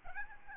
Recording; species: mosquito wingbeat signal from an infrared sensor; Aedes albopictus